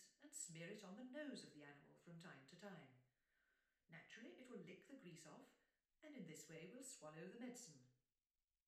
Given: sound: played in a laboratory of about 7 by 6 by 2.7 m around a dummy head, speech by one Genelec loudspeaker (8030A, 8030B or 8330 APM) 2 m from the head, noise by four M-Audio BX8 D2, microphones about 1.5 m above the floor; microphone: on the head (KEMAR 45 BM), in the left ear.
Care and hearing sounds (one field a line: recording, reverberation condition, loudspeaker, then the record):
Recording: female speech in English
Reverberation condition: medium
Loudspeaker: 150 degrees to the left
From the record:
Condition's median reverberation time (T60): about 510 ms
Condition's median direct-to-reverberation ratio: about -0.5 dB